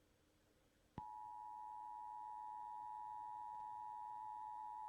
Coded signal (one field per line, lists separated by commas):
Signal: Emergency Alert System (SAME) tones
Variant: 853 and 960 Hz attention tone